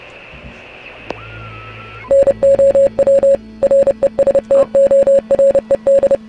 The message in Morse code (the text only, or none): NOW RESTORED